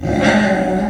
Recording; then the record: squeal of a Yucatan mini pig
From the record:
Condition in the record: after surgery on the right vocal fold (resection and tissue-engineered implant); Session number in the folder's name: 1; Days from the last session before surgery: 13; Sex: female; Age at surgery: 19 weeks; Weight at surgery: 25 kg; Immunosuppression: prednisolone